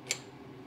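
While rebuilding a clutch/brake hydraulic cylinder on a 1970 TR6, a part is pressed in until its retaining tab clicks into place. A single short, sharp click sounds at 0.1 s over a quiet low background hum, then fades to near silence. The tab is confirmed seated, but another piece popped out.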